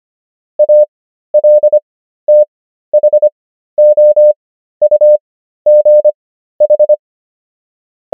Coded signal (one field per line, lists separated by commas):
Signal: Morse code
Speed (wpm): 25 wpm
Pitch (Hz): 600 Hz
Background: none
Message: ALTHOUGH